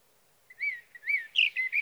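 Sage thrasher song fragment of a few rich, slurred whistled phrases, rising and falling.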